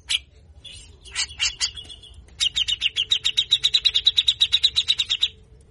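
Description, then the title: Grey-cheeked bulbul giving short harsh calls followed by an extended fast rattle of scratchy repeated notes, steady in pitch. Training song for songbird keepers: harsh 'besetan kasar' song, meant to get a cucak jenggot to sing readily (gacor). "MASTERAN CUCAK JENGGOT GACOR FULL BESETAN KASAR. Jenggot Bahan Cepat Gacor hanya Dengar Besetanya"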